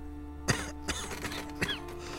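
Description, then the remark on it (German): A patient gives several short, harsh coughs on a doctor's request during an examination, the first the loudest, spaced unevenly over about two seconds, with a throaty clearing quality over a steady low hum. “Geben Sie mir Ihre Hand. Husten Sie.”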